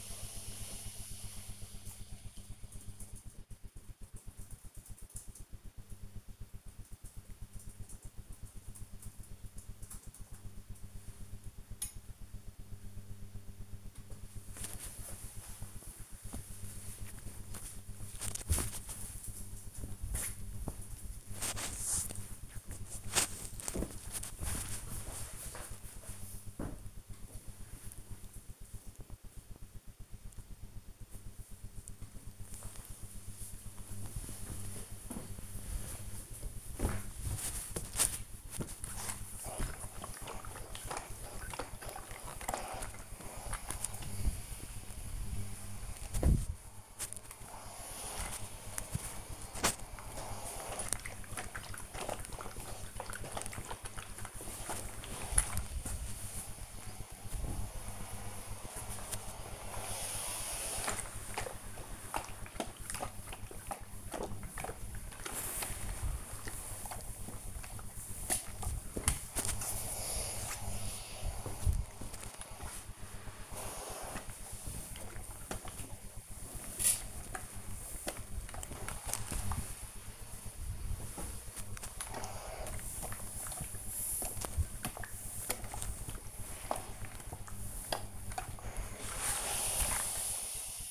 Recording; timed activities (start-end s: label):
household activities, microphone on the right wrist
13.97-27.01 s: folding laundry
32.04-90.90 s: ironing laundry